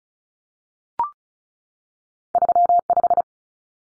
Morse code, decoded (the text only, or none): 35